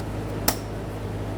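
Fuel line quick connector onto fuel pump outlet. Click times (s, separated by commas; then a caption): 0.5 s. A fuel line quick connector, in the unlocked position with both blue tabs showing, is pressed onto the fuel pump outlet of a 2011-2020 Toyota Sienna fuel pump assembly. A single sharp click sounds at 0.5 s over a steady low hum, and the connector seats home.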